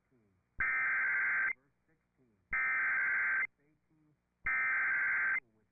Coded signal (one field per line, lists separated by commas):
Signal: Emergency Alert System (SAME) tones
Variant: header bursts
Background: speech